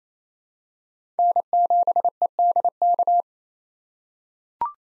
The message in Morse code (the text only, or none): N7EDK